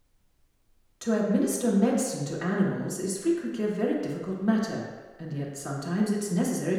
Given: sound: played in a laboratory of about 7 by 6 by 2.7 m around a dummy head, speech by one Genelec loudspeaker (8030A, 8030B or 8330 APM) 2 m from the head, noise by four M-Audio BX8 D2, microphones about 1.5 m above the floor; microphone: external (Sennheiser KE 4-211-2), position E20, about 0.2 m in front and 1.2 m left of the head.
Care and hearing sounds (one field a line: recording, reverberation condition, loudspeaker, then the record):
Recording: female speech in English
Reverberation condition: high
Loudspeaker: 120 degrees to the left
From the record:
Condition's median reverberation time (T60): about 1300 ms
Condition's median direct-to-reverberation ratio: about -4.0 dB